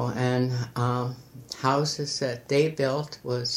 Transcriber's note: none